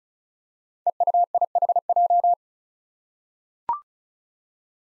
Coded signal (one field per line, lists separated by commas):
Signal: Morse code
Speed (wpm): 36 wpm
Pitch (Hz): 700 Hz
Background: none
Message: EUIHJ